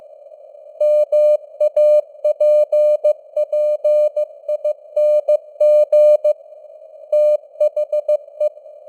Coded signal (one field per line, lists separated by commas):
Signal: Morse code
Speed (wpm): 15 wpm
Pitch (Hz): 600 Hz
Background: none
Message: MAPPING THE